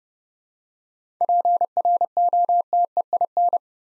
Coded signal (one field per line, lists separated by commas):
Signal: Morse code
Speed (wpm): 30 wpm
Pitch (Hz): 700 Hz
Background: none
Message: PROTEIN